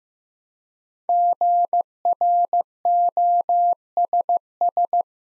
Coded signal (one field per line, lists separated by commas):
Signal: Morse code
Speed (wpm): 15 wpm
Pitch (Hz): 700 Hz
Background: none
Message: GROSS